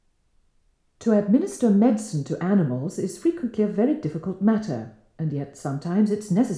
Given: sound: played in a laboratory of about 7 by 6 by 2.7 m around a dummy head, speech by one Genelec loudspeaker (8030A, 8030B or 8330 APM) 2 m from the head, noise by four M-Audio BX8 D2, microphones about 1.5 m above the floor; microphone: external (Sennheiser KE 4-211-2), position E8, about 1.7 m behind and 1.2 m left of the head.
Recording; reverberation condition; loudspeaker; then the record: female speech in English; medium; 150 degrees to the left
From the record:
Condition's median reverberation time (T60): about 510 ms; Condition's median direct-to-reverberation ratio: about -0.5 dB